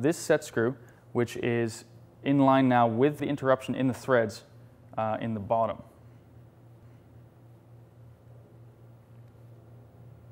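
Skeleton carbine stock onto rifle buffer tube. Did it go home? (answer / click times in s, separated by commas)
no / none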